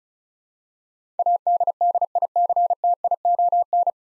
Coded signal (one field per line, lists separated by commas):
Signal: Morse code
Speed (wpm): 34 wpm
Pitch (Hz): 700 Hz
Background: none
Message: ADDICTION